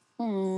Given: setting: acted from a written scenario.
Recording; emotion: vocal sound without words; contentment